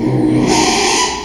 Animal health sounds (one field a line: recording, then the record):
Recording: squeal of a Yucatan mini pig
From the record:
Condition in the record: after surgery on the right vocal fold (resection and tissue-engineered implant)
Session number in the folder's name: 2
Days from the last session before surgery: 13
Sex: male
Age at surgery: 12 weeks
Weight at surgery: 13 kg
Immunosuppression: cyclosporine, prednisolone